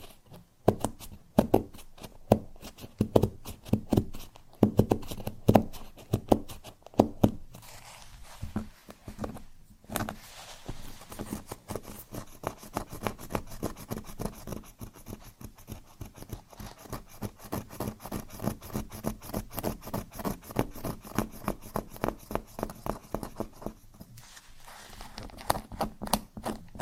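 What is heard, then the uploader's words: Scratching on cork comes in dense, rapid dry strokes, bursty at first, briefly pausing near ten seconds, then settling into a steadier, quieter rasp. Scratching on Cork (NO TALKING).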